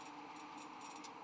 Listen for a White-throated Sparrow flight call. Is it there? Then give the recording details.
no. No flight call is heard. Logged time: 00:58 on 13 December 2014